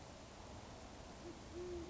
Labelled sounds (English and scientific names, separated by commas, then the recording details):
Band-tailed Pigeon (Patagioenas fasciata)
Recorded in Sonoma County, California